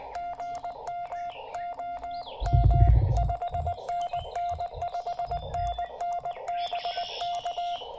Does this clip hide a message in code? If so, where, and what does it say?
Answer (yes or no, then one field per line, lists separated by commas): yes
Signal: Morse code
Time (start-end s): 0.2-7.8 s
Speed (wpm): 19 wpm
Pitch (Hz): 700 Hz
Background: none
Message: GM OM 5NN 5NN BK